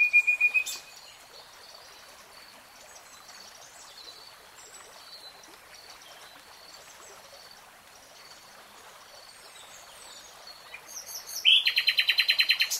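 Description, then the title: Nightingale singing: a brief loud phrase opens, a long quiet stretch with soft whistles follows, and a rapid repeated rattle closes. Nightingale singing, in real time. "[Tiếng chim hót] 3 Hours REALTIME Nightingale Singing"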